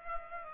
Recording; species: mosquito wingbeat signal from an infrared sensor; Culex pipiens